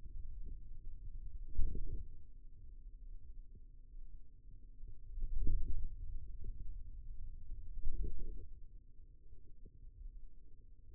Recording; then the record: forearm muscle sounds (acoustic myography)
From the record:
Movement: wrist extension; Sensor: system 2, bracelet of six BSWA MPA416 microphones around the upper forearm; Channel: 3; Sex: male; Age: 22 years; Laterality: right